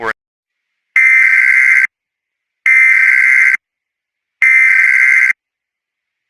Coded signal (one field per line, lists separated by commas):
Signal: Emergency Alert System (SAME) tones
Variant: header bursts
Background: speech